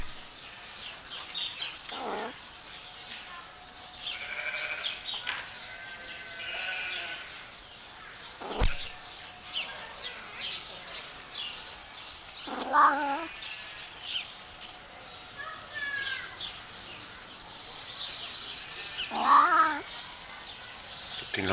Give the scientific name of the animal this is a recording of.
Felis silvestris